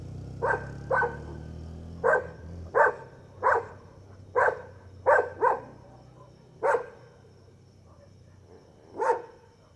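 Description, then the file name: Dog barking singly and in pairs at uneven intervals, with a low engine rumble at the start that fades. Several dogs barking, first far then near, at night, with crickets and a passing motorbike. "Cachorros latindo longe e depois perto a noite com grilo e passa uma moto"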